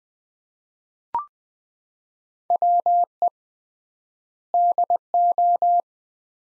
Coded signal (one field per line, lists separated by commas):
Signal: Morse code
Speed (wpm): 21 wpm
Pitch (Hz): 700 Hz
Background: none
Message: WE DO